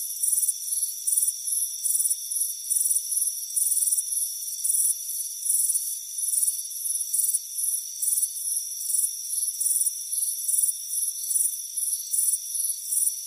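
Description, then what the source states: Crickets chirping: high, pulsed chirps repeated many times over steady, continuous high-pitched insect trills. Warm afternoon on a front porch.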